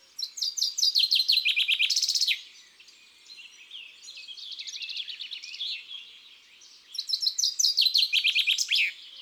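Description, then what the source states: Common chaffinch singing twice, each phrase a quick descending run of sharp notes ending in a flourish, with soft chattering in the pause between. Garden bird.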